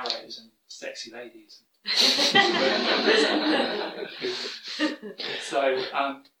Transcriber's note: laughter